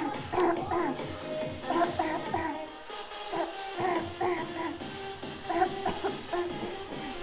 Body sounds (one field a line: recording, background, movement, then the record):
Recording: throat clearing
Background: music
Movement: sitting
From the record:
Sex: female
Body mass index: 18.8 kg/m2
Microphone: on the chest, facing outward